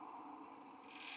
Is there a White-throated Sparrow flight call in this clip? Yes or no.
no